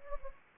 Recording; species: mosquito wingbeat signal from an infrared sensor; Anopheles arabiensis